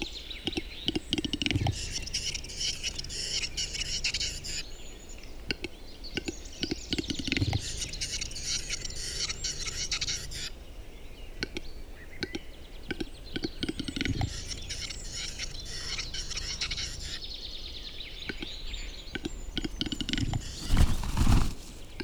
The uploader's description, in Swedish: en spelande tjädertupp